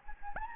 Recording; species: mosquito wingbeat signal from an infrared sensor; Anopheles gambiae